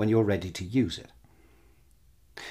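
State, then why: Released. Someone talks briefly, then after a quiet pause the plastic mouthpiece cover of a Spiromax dry-powder inhaler is folded down and clicks open with a sharp, loud click at 2.4 s. The cover is released open.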